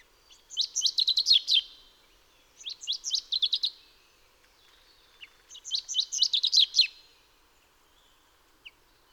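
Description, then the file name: Common chaffinch singing three short bursts of quick, bright notes, each about a second long, with pauses between them. "Fringilla coelebs"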